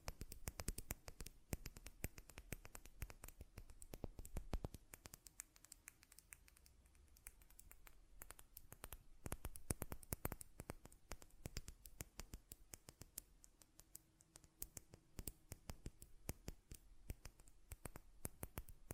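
Quick clicks and taps on a glass perfume bottle and its lid come in dense, irregular bursts throughout the 19 seconds, each one sharp and bright. The pace never settles into a steady rhythm. A faint low hum sits underneath, with a soft tone appearing near the end.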